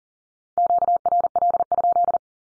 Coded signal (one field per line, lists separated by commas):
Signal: Morse code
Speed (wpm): 38 wpm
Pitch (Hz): 700 Hz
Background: none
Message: QRL?